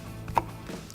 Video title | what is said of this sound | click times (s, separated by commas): Jeep Wrangler Axial Smoked LED Amber Turn Signals (2007-2018 JK) Review & Install | And just like that, pops out. | 0.4 s